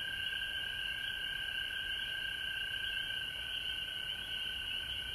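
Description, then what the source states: High frog chorus, steady and continuous, accompanied by a clear unwavering lower tone. Frogs recorded at home in Georgia on March 19, 2020.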